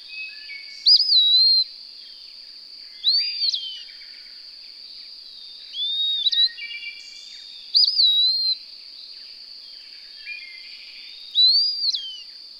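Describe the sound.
Bird song in several whistled phrases, mostly rising sharply and then sliding down, recurring every two to three seconds, with a constant thin high tone behind.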